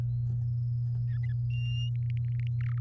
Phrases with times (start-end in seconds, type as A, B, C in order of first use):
1.08-1.33 A, 1.50-1.89 B, 1.95-2.47 C, 2.61-2.78 D